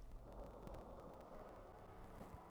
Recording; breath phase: one breath near a microphone; exhalation